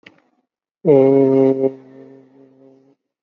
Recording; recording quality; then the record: sustained vowel as in made; excellent, no background noise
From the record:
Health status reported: COVID-19 positive, moderate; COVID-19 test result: positive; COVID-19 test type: RT-PCR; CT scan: taken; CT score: 16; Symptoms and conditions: cough, cold, breathing difficulty, sore throat, fever, fatigue, muscle pain, loss of smell and taste, diabetes, ischaemic heart disease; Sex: male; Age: 58 years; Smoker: no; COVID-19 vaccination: both doses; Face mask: worn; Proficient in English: yes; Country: India